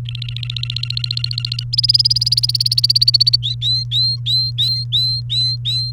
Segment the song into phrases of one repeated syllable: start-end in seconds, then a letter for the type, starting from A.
0.05-1.64 A, 1.73-3.36 B, 3.43-5.91 C